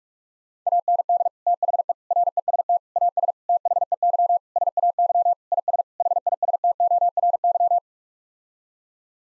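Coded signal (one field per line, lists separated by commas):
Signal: Morse code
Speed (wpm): 46 wpm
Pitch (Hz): 700 Hz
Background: none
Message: AND THE REST AS THEY SAY IS HISTORY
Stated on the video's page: Morse sent at 45 wpm as a head-copy drill of common English 8-word groups, each set sent, spoken, then sent again.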